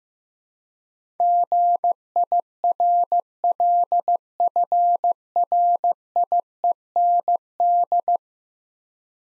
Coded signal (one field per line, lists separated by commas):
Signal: Morse code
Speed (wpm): 15 wpm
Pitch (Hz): 700 Hz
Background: none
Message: GIRLFRIEND